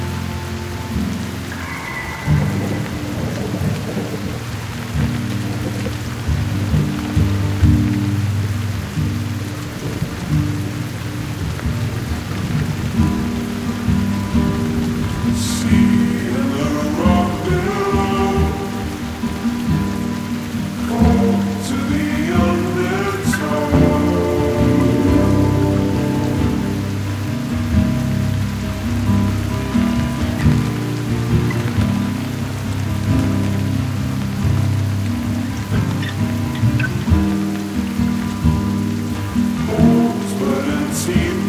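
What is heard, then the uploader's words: Rain falls steadily under a constant low hum with shifting tonal layers, broken by sharp taps near 15, 23 and 41 seconds. Its raining.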